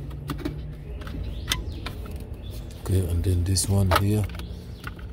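A wiring harness connector is handled at the rear body control module of a 2009–2013 Jaguar FX while someone talks, with a few short plastic taps and ticks around it. The connector has not seated or clicked into the module yet.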